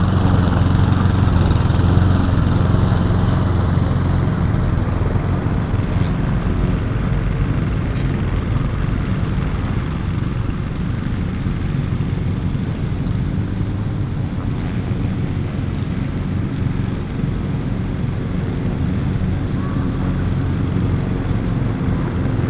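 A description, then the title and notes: Lawn mower engines drone steadily and densely, a thick low roar with a faint rising whine in the upper tones that fades midway. Mürafoonia Muruniidukitel is a performance/composition for lawn mowers by Taavi Suisalu, conducted by Andrus Kallastu and performed/recorded during the UIT festival in Tartu, Estonia. Noisephony of Lawn Mowers.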